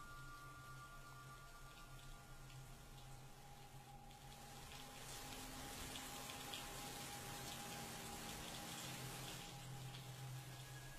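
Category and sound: nature, rain falling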